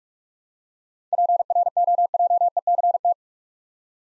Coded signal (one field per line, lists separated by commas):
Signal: Morse code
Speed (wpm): 45 wpm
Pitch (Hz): 700 Hz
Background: none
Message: PROJECT